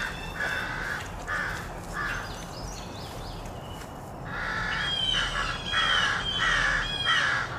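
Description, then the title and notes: Crows cawing in harsh repeated calls that grow louder and denser in the second half, with high chirps from other birds and a low background rumble. Rowdy crows loudly cawing in treetops of an urban park just after sunrise, with other birds and morning traffic; made while out with a camera. "Field Recording: The Wild and Raucous Sounds of Crows Cawing in the Treetops. keith dotson. the fine art photographer podcast. a field recording of rowdy crows loudly cawing in the treetops amidst the sounds of other birds -- and since this was recorded in an urban park -- also you may hear the sounds of morning traffic"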